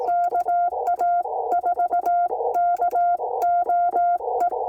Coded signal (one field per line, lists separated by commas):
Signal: Morse code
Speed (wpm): 18 wpm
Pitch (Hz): 700 Hz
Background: none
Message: KA4KOE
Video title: Can you take me higher? Morse Code takes me to another place. #hamradio #pota #CW #QRP #Portable